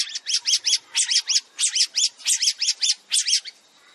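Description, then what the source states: Long-tailed shrike giving harsh, squawking notes, rapidly repeated in tight clusters of two or three, stopping just before the end. Masteran training recording for other shrikes, full of tembakan (shooting-style rapid notes).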